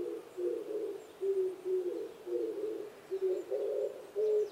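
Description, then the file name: Oriental turtle dove coos: soft, low, husky notes repeated in uneven rhythm over quiet background. Recorded 26 April 2010 at 05:29. "kijibato-20100426-0529"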